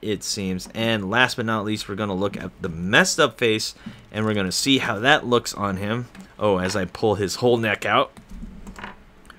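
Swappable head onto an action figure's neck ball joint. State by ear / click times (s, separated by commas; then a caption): seated / 9.3 s. Someone talks while swapping heads on a Mafex No. 085 John Wick Chapter 2 action figure, pulling the whole neck out by accident. After the talk stops, a few small plastic handling clicks follow as the battle-damaged plastic head is fitted onto the figure's neck ball joint peg and pushed home. It snaps into place at 9.3 s.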